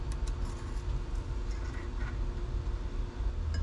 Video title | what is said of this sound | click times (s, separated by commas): Cummins QSC 8.3 Raw Water Pump Rebuild, Sherwood G2610/G2603 Water Pump. 26k water pump rebuild | there we go snapped right in next thing | 3.5 s